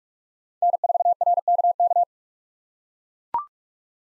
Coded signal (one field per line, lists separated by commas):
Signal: Morse code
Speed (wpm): 44 wpm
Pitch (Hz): 700 Hz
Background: none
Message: N4RKK